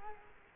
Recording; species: mosquito wingbeat signal from an infrared sensor; Culex quinquefasciatus